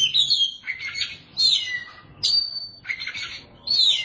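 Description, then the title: Oriental magpie-robin song of rich whistles and buzzy, scratchy phrases in several bursts. Song of the kacer. "Suara Kicauan Burung Kacer"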